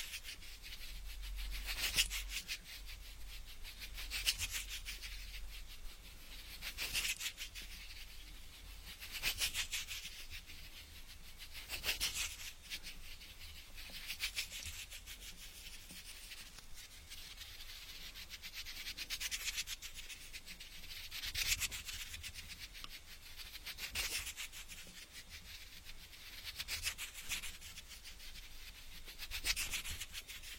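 Ear picking, a dry scratching and rubbing that comes in short bright strokes about every two to three seconds. Each stroke is crisp and hissy, with a soft crackle between them and a faint low rumble underneath.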